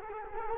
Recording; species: mosquito wingbeat signal from an infrared sensor; Culex quinquefasciatus